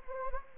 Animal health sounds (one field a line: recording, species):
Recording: mosquito wingbeat signal from an infrared sensor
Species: Anopheles gambiae